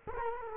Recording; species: mosquito wingbeat signal from an infrared sensor; Culex quinquefasciatus